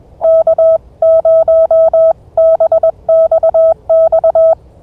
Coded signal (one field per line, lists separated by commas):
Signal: Morse code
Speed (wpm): 21 wpm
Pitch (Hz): 1300 Hz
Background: none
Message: K0BXX